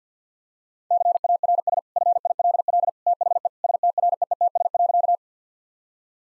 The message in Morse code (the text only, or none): CARS FILL THE STREETS.